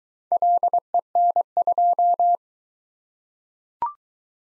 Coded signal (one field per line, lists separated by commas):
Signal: Morse code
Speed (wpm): 21 wpm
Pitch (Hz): 700 Hz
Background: none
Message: LEN2